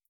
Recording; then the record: hydrophone in a shrimp aquaculture tank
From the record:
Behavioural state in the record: starved